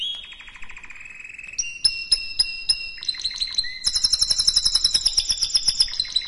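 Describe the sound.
Canary singing a rolling trill, then sharp clicks over a whistle, building into a fast high trill.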